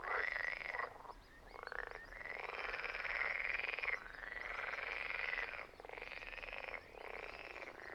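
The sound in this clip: Frog giving long, rattling, pulsed croaks almost without break, each swelling and fading over one to two seconds, with a low background hum.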